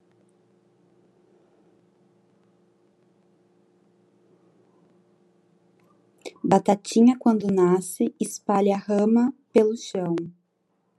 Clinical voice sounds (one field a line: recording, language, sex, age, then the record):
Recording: short text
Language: Brazilian Portuguese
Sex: female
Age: 20 to 29 years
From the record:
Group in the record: control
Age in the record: 22 years